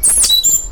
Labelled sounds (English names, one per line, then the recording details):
Stitchbird song
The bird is a male
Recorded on Tiritiri Matangi Island, New Zealand, in 2005
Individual 1, of nest box 1